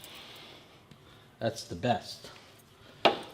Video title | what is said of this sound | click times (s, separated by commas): How To Build a Home Gym - Precor Spinning Bike | you're locked in you can climb | 3.0 s